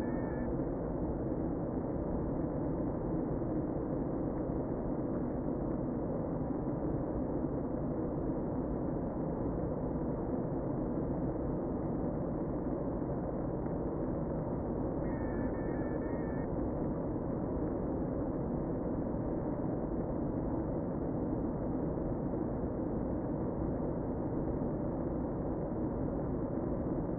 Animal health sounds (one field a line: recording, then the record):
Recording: honeybee colony, microphone inside the hive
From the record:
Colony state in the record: queen present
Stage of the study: before two queens were removed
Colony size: about 60,000 bees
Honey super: yes